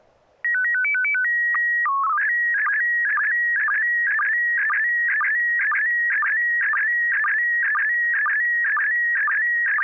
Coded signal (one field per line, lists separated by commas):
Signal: SSTV (slow-scan television)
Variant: PD 120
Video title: N6NA SSTV Net - 02/24/2021